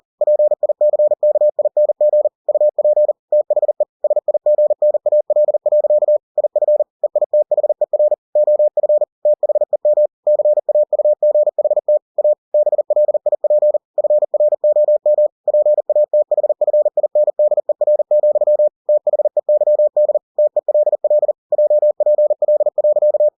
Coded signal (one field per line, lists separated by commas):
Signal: Morse code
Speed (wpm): 40 wpm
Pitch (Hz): 600 Hz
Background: none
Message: PICKING UP THE SIGNAL. IF EITHER OF THEM CAUGHT A BLIP FROM PATHFINDER, THEYD TELL JPL.